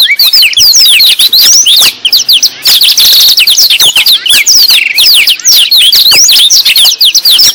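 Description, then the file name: Black-throated Canary pouring out a continuous, dense song of high slurred whistles, quick trills and chips, barely pausing across the whole stretch. Singing in the lively, nonstop style called gacor. "burung blackthroat gacor"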